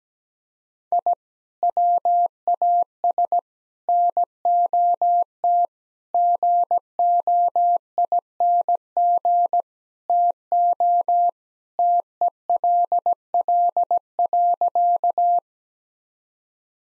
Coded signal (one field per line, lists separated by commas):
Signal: Morse code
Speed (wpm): 17 wpm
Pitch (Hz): 700 Hz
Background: none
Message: I WAS NOT GOING TO TELL.